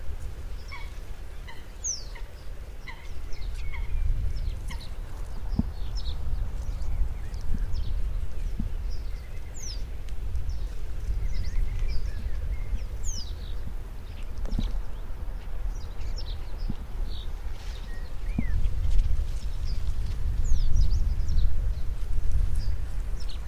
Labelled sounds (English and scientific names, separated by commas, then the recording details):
Reed Bunting (Emberiza schoeniclus)
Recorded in the wild
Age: adult
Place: Hobrechtsfelder Rieselfelder, Naturpark Barnim, Berlin, DE
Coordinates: 52.6681, 13.4714
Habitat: lake
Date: 2012-04-25 20:10
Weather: 10°C, sunny, weak winds
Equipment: Sound Devices 702, Sennheiser MKH 415 T, Rhode Windschutz
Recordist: Frommolt, Karl-Heinz